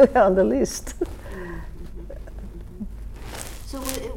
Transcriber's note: laughs